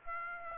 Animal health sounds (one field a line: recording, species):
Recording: mosquito wingbeat signal from an infrared sensor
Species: Aedes aegypti